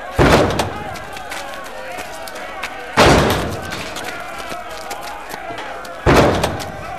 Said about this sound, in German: Einige haben Rammböcke. Damit wollen sie das Tor kaputt machen. Was? So ein Rammbock ist ein Holzstamm mit einer Spitze aus Eisen, die wie der Kopf von einem Schafbock aussieht. Mit Hörnern.